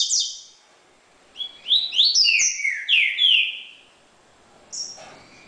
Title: Canto Coleiro